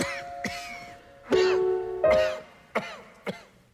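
About five or six short, sharp dry coughs break out over soft sustained orchestral music during the first movement of a classical piece. This is ordinary audience coughing at a live symphony concert, where hundreds of people are packed into a quiet hall.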